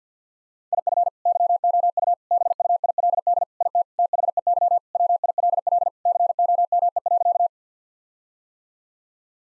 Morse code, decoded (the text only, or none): IF YOU BUILD IT THEY WILL COME.